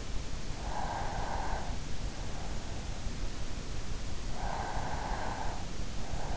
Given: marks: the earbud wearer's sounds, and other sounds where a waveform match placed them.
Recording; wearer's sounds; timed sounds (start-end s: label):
sounds in sleep by an in-ear microphone; breath
0.20-2.55 s: breath